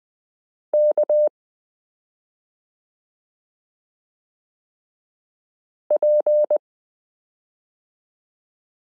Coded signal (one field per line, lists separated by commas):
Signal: Morse code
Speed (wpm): 20 wpm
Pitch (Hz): 600 Hz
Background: none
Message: K P